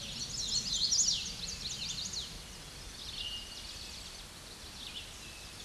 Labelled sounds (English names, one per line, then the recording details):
Hooded Warbler song
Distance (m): 20 m
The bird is about 10 m above the microphone
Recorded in a Pennsylvania forest on 16 May 2024 at 07:38
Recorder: AudioMoth, point MSD-2181
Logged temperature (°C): 12.8 °C
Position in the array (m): 169 m, 103 m